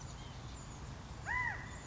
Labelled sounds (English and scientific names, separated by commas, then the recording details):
California Quail (Callipepla californica)
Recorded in Sonoma County, California